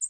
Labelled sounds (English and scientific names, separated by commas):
American Redstart (Setophaga ruticilla) flight call